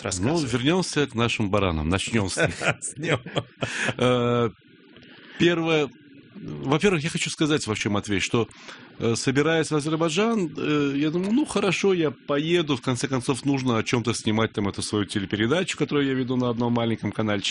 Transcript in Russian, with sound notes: Вернемся к нашим баранам, начнем с них. (все смеются) Во-первых, я хочу сказать, Матвей, что собираясь в Азербайджан, я думал, ну хорошо, я поеду, в конце концов нужно о чем-то снимать свою телепередачу, которую я веду на одном маленьком канальчике.